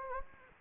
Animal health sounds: mosquito wingbeat signal from an infrared sensor; Anopheles gambiae

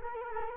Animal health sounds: mosquito wingbeat signal from an infrared sensor; Culex quinquefasciatus

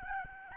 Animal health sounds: mosquito wingbeat signal from an infrared sensor; Aedes albopictus

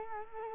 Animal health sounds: mosquito wingbeat signal from an infrared sensor; Culex quinquefasciatus

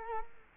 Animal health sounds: mosquito wingbeat signal from an infrared sensor; Culex quinquefasciatus

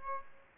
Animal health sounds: mosquito wingbeat signal from an infrared sensor; Aedes aegypti

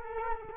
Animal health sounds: mosquito wingbeat signal from an infrared sensor; Culex quinquefasciatus

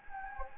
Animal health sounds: mosquito wingbeat signal from an infrared sensor; Anopheles gambiae

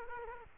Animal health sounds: mosquito wingbeat signal from an infrared sensor; Culex quinquefasciatus

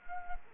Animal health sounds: mosquito wingbeat signal from an infrared sensor; Culex quinquefasciatus

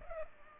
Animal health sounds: mosquito wingbeat signal from an infrared sensor; Culex pipiens

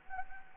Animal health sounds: mosquito wingbeat signal from an infrared sensor; Anopheles gambiae

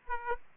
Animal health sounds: mosquito wingbeat signal from an infrared sensor; Aedes aegypti

